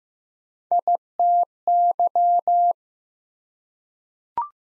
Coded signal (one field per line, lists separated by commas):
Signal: Morse code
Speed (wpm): 15 wpm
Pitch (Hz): 700 Hz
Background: none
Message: ITY